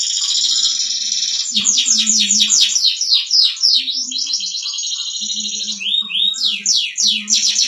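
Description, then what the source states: Canary song: a steady high buzzy trill gives way to fast repeated swooping notes and rolling chirps, delivered continuously without breaks. Champion singing canary.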